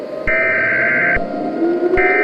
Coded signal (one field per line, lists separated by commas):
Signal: Emergency Alert System (SAME) tones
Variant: header bursts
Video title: EAS Scenario #13: Piggy